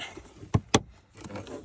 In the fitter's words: Snaps into place.